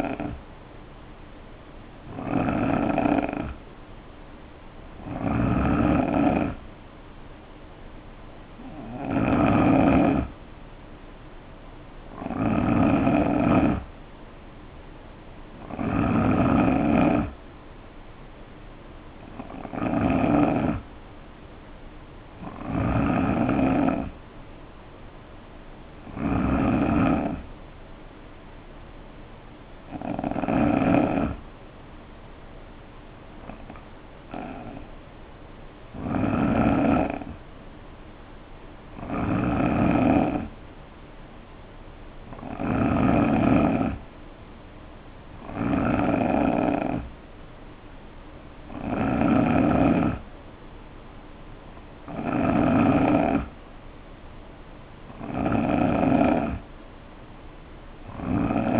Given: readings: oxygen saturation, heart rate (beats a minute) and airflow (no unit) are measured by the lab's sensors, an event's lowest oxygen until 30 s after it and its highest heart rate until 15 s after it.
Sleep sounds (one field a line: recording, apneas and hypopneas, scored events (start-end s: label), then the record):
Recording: breathing in sleep by a voice recorder at the bedside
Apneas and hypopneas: 1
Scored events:
28.00-38.90 s: hypopnea (N3, oxygen 91% highest, then 88% lowest, heart rate 62 at the start, 69 highest)
From the record:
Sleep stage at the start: N3 (deep sleep)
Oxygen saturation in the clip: 88 to 91%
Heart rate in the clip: 60 to 69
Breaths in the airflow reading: 18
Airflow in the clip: -5.0 to 3.1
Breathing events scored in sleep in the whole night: 520 in 7.2 hours asleep